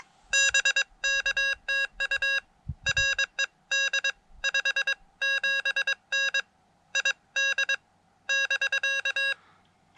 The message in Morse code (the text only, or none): BK TU RED 57N ID <BK>